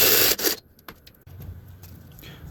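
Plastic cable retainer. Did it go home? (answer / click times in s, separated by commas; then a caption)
yes / 0.9 s. A door handle release cable is snapped back into its plastic retainer inside the sheet-metal door of an OBS Ford F150 truck, after a marked spot inside the door has been drilled out. A loud, hissy burst of noise fills the first half second, then a short, sharp snap lands at 0.9 s, followed by a low hum and a faint tick near 2.2 s. The cable is seated back in place.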